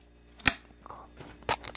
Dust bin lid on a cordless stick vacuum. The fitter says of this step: the lid I like how tight that lid is on there too it makes that nice click sound